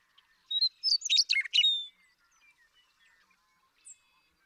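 Western meadowlark delivers a single melodious song of whistled, gurgling notes finishing on a longer whistle, with soft, faint bird chirps afterward.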